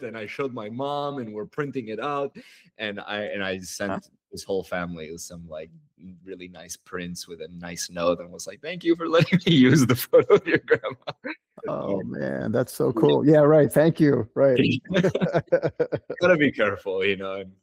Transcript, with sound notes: And Ishowed my mom and we’re printing it out and I and I sent this whole family with some like really nice prints with a nicenote and was like, “Thank you for letting me use the photo of your grandma.” [laughter] Oh man, that’s so cool. Yeah. Right. Thank you. Right. Gotta be careful, you know.